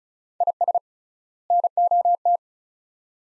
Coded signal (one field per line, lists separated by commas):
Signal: Morse code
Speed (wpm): 36 wpm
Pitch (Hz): 700 Hz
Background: none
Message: IS NOT